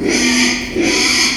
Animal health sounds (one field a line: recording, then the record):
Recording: squeal of a Yucatan mini pig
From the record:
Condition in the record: after surgery on the right vocal fold (resection and tissue-engineered implant)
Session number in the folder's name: 2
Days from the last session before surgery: 13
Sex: male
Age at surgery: 12 weeks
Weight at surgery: 13 kg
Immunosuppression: cyclosporine, prednisolone